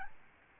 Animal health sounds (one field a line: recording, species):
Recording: mosquito wingbeat signal from an infrared sensor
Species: Aedes albopictus